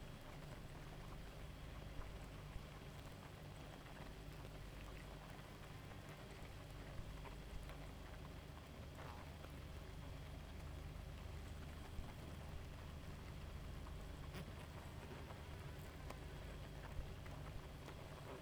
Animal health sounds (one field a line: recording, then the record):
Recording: honeybee colony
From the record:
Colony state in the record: active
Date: 28 July 2017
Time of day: 0:18